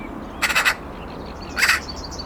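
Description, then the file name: Eurasian magpie making two harsh calls: a rattling triple chack followed after a pause by a single grating note, with faint thin bird calls behind. "Pica pica"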